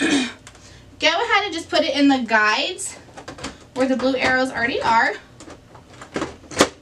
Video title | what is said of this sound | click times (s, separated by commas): Dell B-3460dn - How To Change Your Toner Cartridge - Onyx imaging | once you hear it clicky notes in place shut your front half | 6.2 s